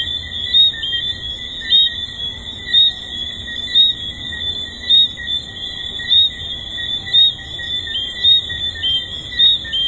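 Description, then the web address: Tree frogs in full chorus, an unbroken high whistling buzz with short emphatic chirps recurring close to once a second. At a resort. "Hedonism II tree frogs"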